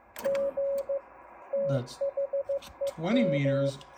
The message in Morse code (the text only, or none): G THEM